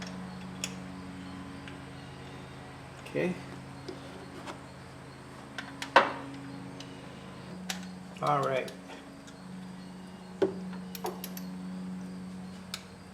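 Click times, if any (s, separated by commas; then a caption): 12.7 s. A torque wrench set to 13 foot-pounds tightens a spark plug in the cylinder head of a 5th-generation Subaru Outback. Someone talks briefly over a steady low hum and scattered ratchety knocks and taps, with the loudest knock near 6.0 s. The wrench gives a short, faint click at 12.7 s, confirming the 13 foot-pound setting was reached.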